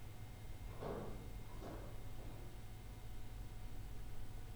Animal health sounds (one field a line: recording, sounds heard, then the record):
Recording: poultry house recording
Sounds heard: no chicken sound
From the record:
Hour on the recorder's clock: 15